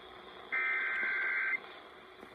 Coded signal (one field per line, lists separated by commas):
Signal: Emergency Alert System (SAME) tones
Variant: header bursts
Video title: SVR on WLAC (EAS 342)